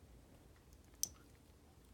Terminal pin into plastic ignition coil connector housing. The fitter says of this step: in this way you should go right in and snap you'll hear it sure